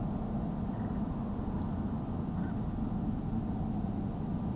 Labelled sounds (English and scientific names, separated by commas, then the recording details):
Northern Pintail (Anas acuta)
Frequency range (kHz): Northern Pintail (Anas acuta) 1.2-1.7 kHz
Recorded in France